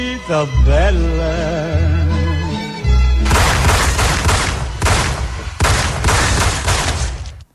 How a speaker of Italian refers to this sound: Verso le 2:30 si sentono degli spari. Tanti, tantissimi colpi.